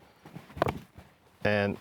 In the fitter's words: And then it has these buttons on each corner which you can then pop open as well.